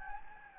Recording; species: mosquito wingbeat signal from an infrared sensor; Anopheles gambiae